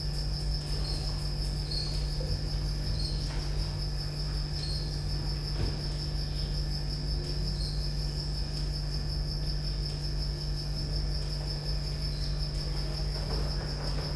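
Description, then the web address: Cricket giving a sustained high trill with slight pulsing, steady for the full length, above a loud low humming drone. Recorded at Győr zoo in 2014 with professional gear; insect on the left microphone, amid electrical equipment; quiet still-life scene. "allathangok gyorizoo 2014 professzionalis gallerospavian balmikrofonnalegyrovar elektromosberendezes tucsok csendelet"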